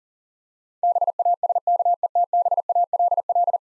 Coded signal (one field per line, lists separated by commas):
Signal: Morse code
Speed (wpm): 40 wpm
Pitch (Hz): 700 Hz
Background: none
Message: BASKETBALL